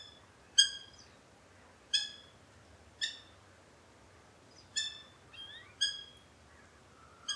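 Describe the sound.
Eurasian hobby giving short, shrill, clipped calls at uneven intervals of about one to two seconds, with a brief rising squeal between two of them.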